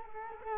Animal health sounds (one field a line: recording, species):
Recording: mosquito wingbeat signal from an infrared sensor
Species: Culex quinquefasciatus